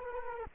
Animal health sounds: mosquito wingbeat signal from an infrared sensor; Culex quinquefasciatus

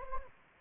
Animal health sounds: mosquito wingbeat signal from an infrared sensor; Anopheles gambiae

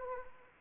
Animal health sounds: mosquito wingbeat signal from an infrared sensor; Anopheles arabiensis

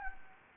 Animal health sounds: mosquito wingbeat signal from an infrared sensor; Anopheles gambiae

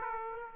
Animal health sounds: mosquito wingbeat signal from an infrared sensor; Aedes aegypti

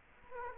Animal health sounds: mosquito wingbeat signal from an infrared sensor; Culex quinquefasciatus

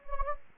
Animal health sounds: mosquito wingbeat signal from an infrared sensor; Anopheles gambiae

